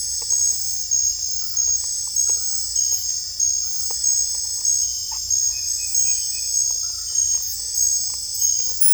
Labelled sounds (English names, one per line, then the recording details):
none
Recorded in secondary vegetation near Puerto Asís, Putumayo, Colombia, on 18 December 2024 at 21:30
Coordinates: 0.481, -76.318
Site G042